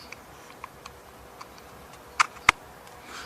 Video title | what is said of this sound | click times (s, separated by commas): evolution okm metal detector part 1 | it clicks together, then you have one complete unit, which | 2.5 s